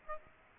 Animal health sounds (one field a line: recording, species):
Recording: mosquito wingbeat signal from an infrared sensor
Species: Aedes aegypti